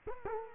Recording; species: mosquito wingbeat signal from an infrared sensor; Culex quinquefasciatus